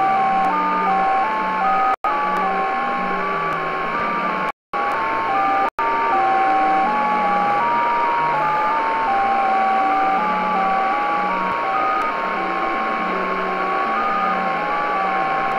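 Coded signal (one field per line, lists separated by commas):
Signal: JT65, JT9 or WSPR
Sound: steady pure tones slowly hopping in pitch over hiss, with short cutouts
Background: radio static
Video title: Shortwave Radio: JT65 Communication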